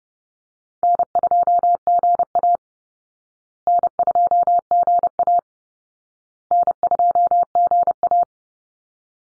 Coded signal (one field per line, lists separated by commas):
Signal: Morse code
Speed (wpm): 30 wpm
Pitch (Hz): 700 Hz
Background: none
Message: N2GA N2GA N2GA